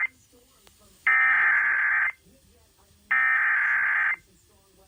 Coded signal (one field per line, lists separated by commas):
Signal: Emergency Alert System (SAME) tones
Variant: header bursts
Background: speech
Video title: EAS #2139 Severe Thunderstorm Warning on WZSR